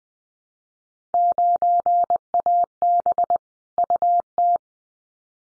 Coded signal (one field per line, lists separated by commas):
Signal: Morse code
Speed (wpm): 20 wpm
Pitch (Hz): 700 Hz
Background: none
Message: 9AB UT